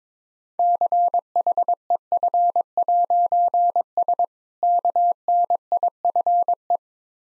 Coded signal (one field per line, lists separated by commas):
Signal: Morse code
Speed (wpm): 23 wpm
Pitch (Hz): 700 Hz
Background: none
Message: CHEF'S KNIFE